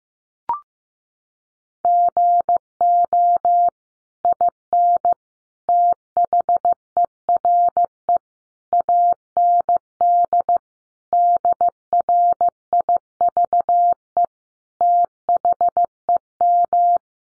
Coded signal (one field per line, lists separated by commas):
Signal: Morse code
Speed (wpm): 15 wpm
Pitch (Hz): 700 Hz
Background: none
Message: GO IN THERE AND DRIVE THEM